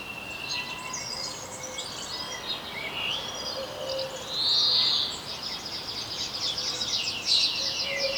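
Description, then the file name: European greenfinch uttering a single long buzzy wheeze midway, amid dense high-pitched twittering from other birds. "Chloris chloris"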